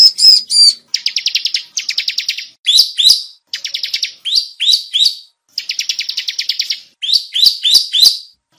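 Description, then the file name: Bar-winged prinia song: loud buzzy trills alternating with rising, slurred whistled notes, delivered in rapid phrases with brief gaps between them. "suara burung ciblek semi"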